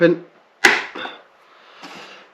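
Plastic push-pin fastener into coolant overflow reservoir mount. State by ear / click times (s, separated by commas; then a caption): seated / 0.7 s. Someone talks, then pressing the inner pin of a plastic push-pin fastener that secures a coolant overflow reservoir in an engine bay gives a single sharp snap at 0.6 s. The pin snaps home and the reservoir is locked into place, followed by quieter handling sounds.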